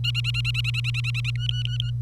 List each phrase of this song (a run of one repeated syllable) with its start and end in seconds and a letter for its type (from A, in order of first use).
0.04-1.30 A, 1.35-1.90 B